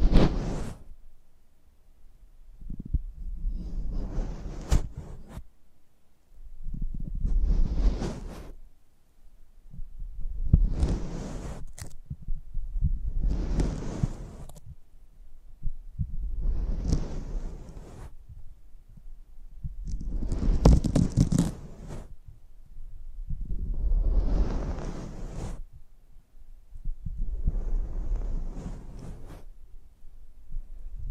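Close-up mic treatment: swelling bursts of rustling, breathy noise repeat roughly every three seconds, each rising from a low rumble into a bright hiss before fading. Soft low thumps run underneath, with short quiet gaps between the swells.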